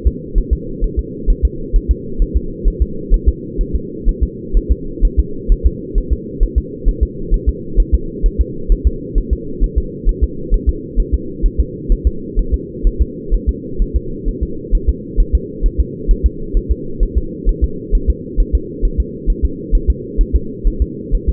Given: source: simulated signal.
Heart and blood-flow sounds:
fetal heart sounds
0.07 s: S2
0.38 s: S1
0.53 s: S2
0.84 s: S1
0.99 s: S2
1.30 s: S1
1.45 s: S2
1.76 s: S1
1.91 s: S2
2.22 s: S1
2.37 s: S2
2.68 s: S1
2.82 s: S2
3.14 s: S1
3.28 s: S2
3.61 s: S1
3.75 s: S2
4.09 s: S1
4.23 s: S2
4.57 s: S1
4.72 s: S2
5.05 s: S1
5.19 s: S2
5.52 s: S1
5.66 s: S2
5.98 s: S1
6.13 s: S2
6.43 s: S1
6.58 s: S2
6.88 s: S1
7.03 s: S2
7.34 s: S1
7.49 s: S2
7.80 s: S1
7.94 s: S2
8.26 s: S1
8.41 s: S2
8.72 s: S1
8.87 s: S2
9.18 s: S1
9.33 s: S2
9.64 s: S1
9.78 s: S2
10.09 s: S1
10.23 s: S2
10.54 s: S1
10.69 s: S2
11.00 s: S1
11.14 s: S2
11.46 s: S1
11.60 s: S2
11.92 s: S1
12.07 s: S2
12.39 s: S1
12.54 s: S2
12.87 s: S1
13.01 s: S2
13.34 s: S1
13.49 s: S2
13.82 s: S1
13.96 s: S2
14.29 s: S1
14.43 s: S2
14.75 s: S1
14.89 s: S2
15.20 s: S1
15.35 s: S2
15.66 s: S1
15.80 s: S2
16.11 s: S1
16.26 s: S2
16.57 s: S1
16.72 s: S2
17.03 s: S1
17.17 s: S2
17.49 s: S1
17.64 s: S2
17.95 s: S1
18.10 s: S2
18.40 s: S1
18.55 s: S2
18.85 s: S1
19.00 s: S2
19.30 s: S1
19.45 s: S2
19.75 s: S1
19.90 s: S2
20.21 s: S1
20.35 s: S2
20.67 s: S1
20.82 s: S2
21.15 s: S1
21.29 s: S2
From the record:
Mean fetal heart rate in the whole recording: 130 bpm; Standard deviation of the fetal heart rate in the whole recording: 4 bpm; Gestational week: 38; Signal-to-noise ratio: -4.3 dB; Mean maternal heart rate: 72 bpm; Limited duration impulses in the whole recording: absent

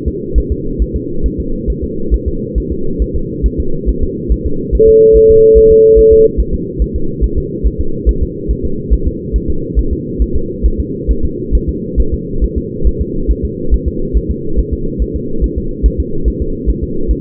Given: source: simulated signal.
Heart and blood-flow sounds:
fetal heart sounds
0.08 s: S2
0.38 s: S1
0.52 s: S2
0.82 s: S1
0.96 s: S2
1.26 s: S1
1.40 s: S2
1.70 s: S1
1.84 s: S2
2.14 s: S1
2.28 s: S2
2.58 s: S1
2.72 s: S2
3.02 s: S1
3.16 s: S2
3.46 s: S1
3.60 s: S2
3.89 s: S1
4.04 s: S2
4.32 s: S1
4.47 s: S2
4.75 s: S1
4.89 s: S2
5.17 s: S1
5.31 s: S2
5.58 s: S1
5.72 s: S2
5.99 s: S1
6.13 s: S2
6.40 s: S1
6.54 s: S2
6.82 s: S1
6.96 s: S2
7.24 s: S1
7.38 s: S2
7.67 s: S1
7.81 s: S2
8.09 s: S1
8.23 s: S2
8.51 s: S1
8.65 s: S2
8.94 s: S1
9.08 s: S2
9.36 s: S1
9.50 s: S2
9.79 s: S1
9.93 s: S2
10.22 s: S1
10.36 s: S2
10.66 s: S1
10.80 s: S2
11.11 s: S1
11.25 s: S2
11.55 s: S1
11.69 s: S2
12.00 s: S1
12.14 s: S2
12.44 s: S1
12.58 s: S2
12.87 s: S1
13.01 s: S2
13.31 s: S1
13.45 s: S2
13.74 s: S1
13.88 s: S2
14.17 s: S1
14.31 s: S2
14.59 s: S1
14.73 s: S2
15.02 s: S1
15.16 s: S2
15.44 s: S1
15.58 s: S2
15.86 s: S1
16.00 s: S2
16.28 s: S1
16.42 s: S2
16.70 s: S1
16.84 s: S2
17.11 s: S1
From the record:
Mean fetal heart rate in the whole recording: 140 bpm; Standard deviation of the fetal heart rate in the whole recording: 2 bpm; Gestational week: 34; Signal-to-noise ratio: -8.1 dB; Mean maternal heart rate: 72 bpm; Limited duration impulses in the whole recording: present

